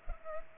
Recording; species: mosquito wingbeat signal from an infrared sensor; Culex pipiens